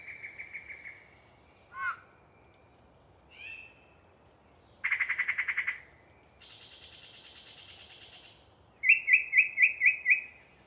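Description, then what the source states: Yellow-breasted chat singing separate varied phrases: a pulsed trill, a downslurred note, a nasal note, a harsh buzzy burst, a long buzz and a rapid series of loud notes, with pauses between. Single very chatty bird giving a long pre-dawn song bout in deciduous cover near the microphones.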